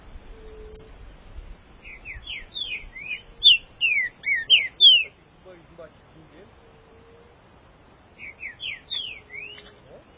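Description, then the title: Green-winged saltator singing two bursts of rich whistled phrases, each a quick series of slurred rising and falling notes, separated by a quiet pause with a faint steady tone. "Trinca Ferro"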